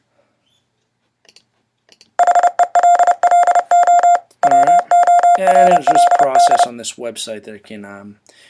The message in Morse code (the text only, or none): HELLO WORLD